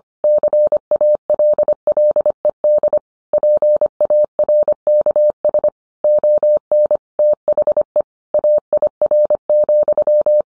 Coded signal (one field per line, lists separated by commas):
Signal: Morse code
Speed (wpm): 25 wpm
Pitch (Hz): 600 Hz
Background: none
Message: CALLED PARKS ON THE AIR,